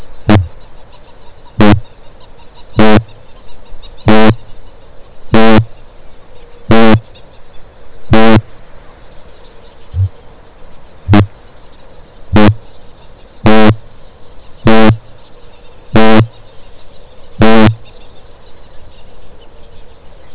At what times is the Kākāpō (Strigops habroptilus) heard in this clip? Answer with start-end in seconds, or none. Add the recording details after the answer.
0.11-8.59, 9.74-10.15, 10.93-17.84. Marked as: faintness 2/5, faintness 3/5. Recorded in New Zealand. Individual Stumpy